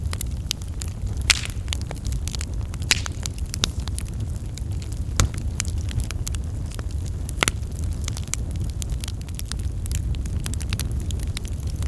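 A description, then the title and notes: A campfire crackles, with frequent sharp pops scattered irregularly over a steady low roar of burning wood throughout. Calming Crackling Campfire. Crackling of the campfire.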